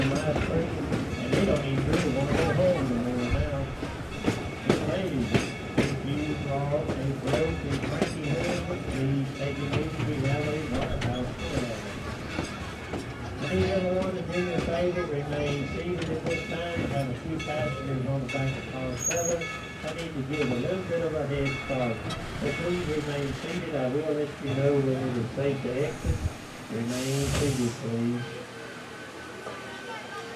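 A train rumbles along steadily, with frequent sharp clicks and knocks scattered throughout, while voices talk over it almost without pause. Around 27 seconds a short, bright hiss bursts out, and the whole scene turns quieter for the final few seconds.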